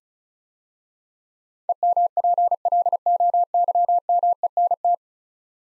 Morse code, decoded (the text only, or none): EMPLOYMENT